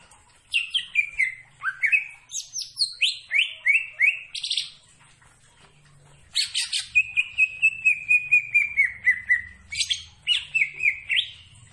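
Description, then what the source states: Greater green leafbird song: two long bursts of rapid chattering whistles, the second sliding slowly down in pitch, separated by a brief pause. Described as gacor, singing actively.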